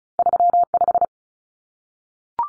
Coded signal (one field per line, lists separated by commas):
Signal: Morse code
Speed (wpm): 34 wpm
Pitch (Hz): 700 Hz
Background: none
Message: 35